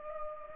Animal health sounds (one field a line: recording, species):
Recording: mosquito wingbeat signal from an infrared sensor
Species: Culex pipiens